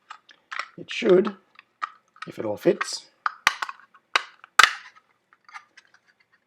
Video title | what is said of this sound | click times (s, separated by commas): SuperHouse Home Automation Hangout 2020-04-19 | just clips down and snaps into place | 3.3 s, 3.5 s, 4.2 s, 4.6 s